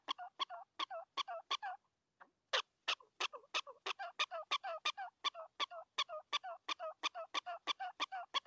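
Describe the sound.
Prairie dog yips, sharp squeaky barks repeated rapidly, with a short lull around two seconds before the series picks up again.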